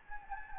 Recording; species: mosquito wingbeat signal from an infrared sensor; Anopheles gambiae